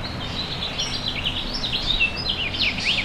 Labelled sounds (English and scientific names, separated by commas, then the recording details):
House Finch (Haemorhous mexicanus) song
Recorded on Long Island, New York, on 26 May 2012
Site OB
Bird A